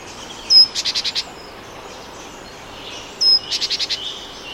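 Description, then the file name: Great tit giving two call bouts, each a sharp high note then five quick buzzy pulses, separated by about two seconds of quiet hiss. "Parus major"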